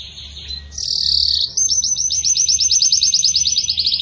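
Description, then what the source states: Belgian canary singing: a thin high note, then a dense sustained warble, breaking into a fast series of rapid repeated trilled notes. Belgian canary; pure "campainha" song with pauses, for training.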